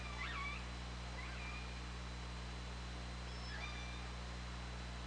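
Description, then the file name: Killer whale calls, a few short arched harmonic calls, rising then dropping, with a steady low hum underneath. Recorded by OrcaLab hydrophone on 24 August 2017. "Orca Lab UTLN JASON 20170824 202739"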